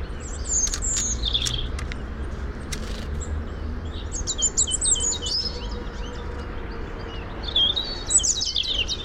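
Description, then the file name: European robin song: short bursts of high, sweet, jumbled notes near the start, in the middle and at the end, separated by quieter pauses, over steady low background noise. "Erithacus rubecula"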